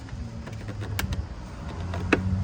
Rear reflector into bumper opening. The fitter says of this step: Once you have them lined up, you just have to press the middle in and it makes a click sound.